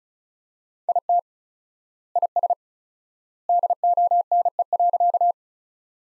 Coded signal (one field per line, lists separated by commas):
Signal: Morse code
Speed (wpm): 34 wpm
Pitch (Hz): 700 Hz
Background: none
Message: IT IS DONE.